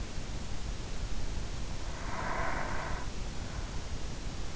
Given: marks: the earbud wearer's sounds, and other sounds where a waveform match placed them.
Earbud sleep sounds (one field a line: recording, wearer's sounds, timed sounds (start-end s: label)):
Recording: sounds in sleep by an in-ear microphone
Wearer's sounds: breath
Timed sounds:
1.97-3.28 s: breath